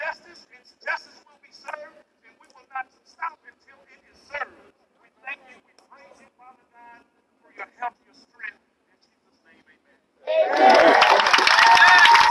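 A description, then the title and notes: A man speaks at a protest in short phrases separated by brief pauses, with a quiet background for the first ten seconds. Just past the ten-second mark, a loud, dense wash of crowd noise, like cheering and clapping, breaks in and holds until the end. Niagara Square Protest in Downtown Buffalo.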